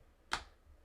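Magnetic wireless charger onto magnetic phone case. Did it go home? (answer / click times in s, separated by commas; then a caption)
yes / 0.3 s. A magnetic wireless charger puck is put back onto the magnetic ring of a Ringke UX magnetic case with kickstand on a Samsung Galaxy S26 Ultra. A single sharp, bright snap sounds at 0.3 s and fades quickly. The puck is seated and holds firmly, needing to be slid to the side to come off.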